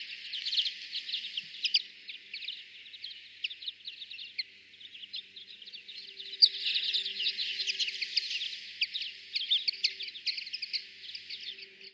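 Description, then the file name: European greenfinch twittering: many quick high chirps in a continuous busy stream, swelling briefly around six to eight seconds, over a soft low hum. "Chloris chloris"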